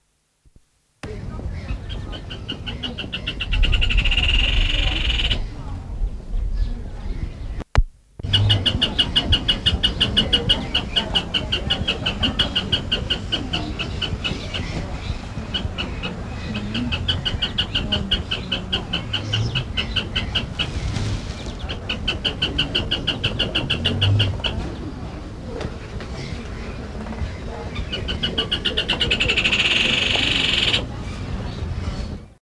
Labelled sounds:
Rufous Hornero (Furnarius rufus) call

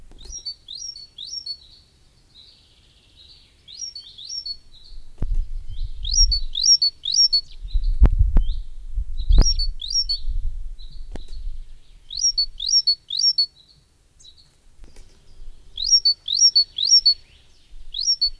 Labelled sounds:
Coal Tit (Periparus ater) song

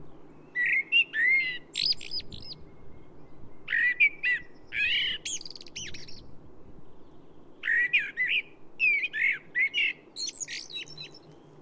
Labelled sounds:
Common Blackbird (Turdus merula) song

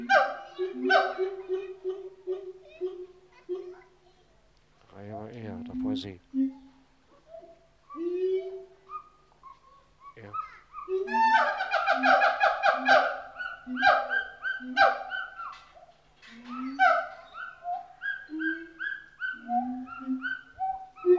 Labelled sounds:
Pileated Gibbon (Hylobates pileatus)

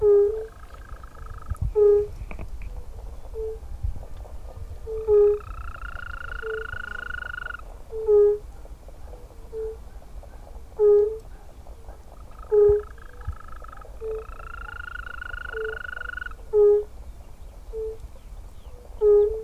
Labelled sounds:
Fire-Bellied Toad (Bombina bombina) call

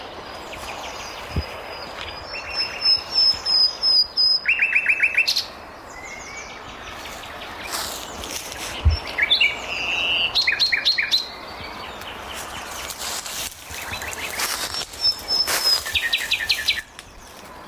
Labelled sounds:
Common Nightingale (Luscinia megarhynchos) song

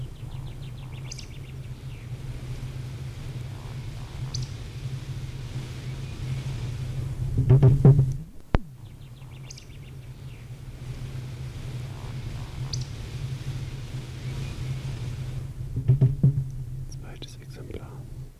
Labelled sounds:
Eurasian Woodcock (Scolopax rusticola) flight song

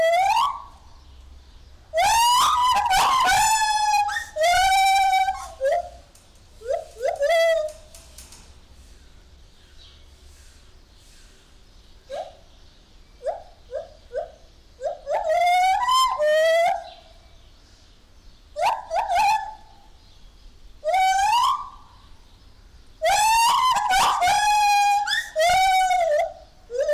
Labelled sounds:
Lar Gibbon (Hylobates lar)

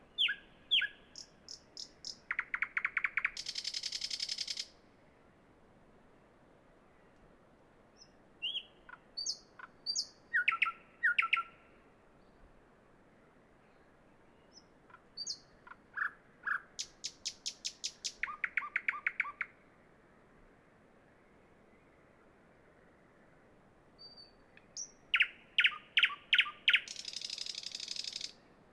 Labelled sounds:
Thrush Nightingale (Luscinia luscinia) song

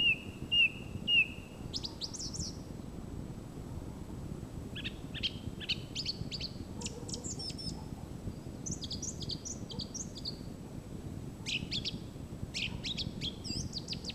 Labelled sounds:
Song Thrush (Turdus philomelos) song

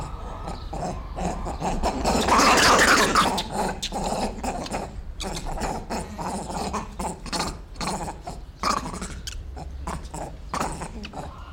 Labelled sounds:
Grivet (Chlorocebus aethiops)

